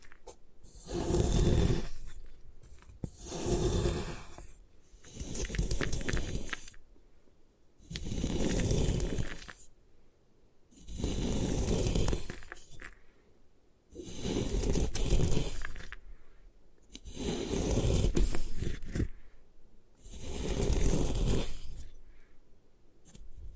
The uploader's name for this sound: Destroy Gym Chalk